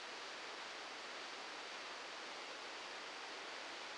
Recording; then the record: brain microelectrode recording played as sound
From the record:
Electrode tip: outside the subthalamic nucleus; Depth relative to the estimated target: 0 mm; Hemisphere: left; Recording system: NeuroSet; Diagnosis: Parkinson's disease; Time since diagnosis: 7 years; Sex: male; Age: 44 years